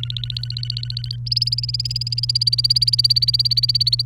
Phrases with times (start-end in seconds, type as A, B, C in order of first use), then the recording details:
0.00-1.16 A, 1.26-4.02 B. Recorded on 29 April 2018 at 16:00. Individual llb3